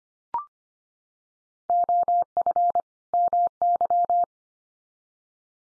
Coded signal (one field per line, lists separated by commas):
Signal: Morse code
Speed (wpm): 25 wpm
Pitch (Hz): 700 Hz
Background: none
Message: OF MY